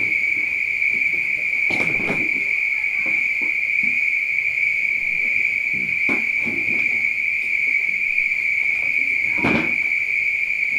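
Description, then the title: Chorus of spring peepers forming an unbroken high-pitched ringing drone, with a few brief knocks or rustles sounding through it. Recorded at night. "neoscenes: night peepers"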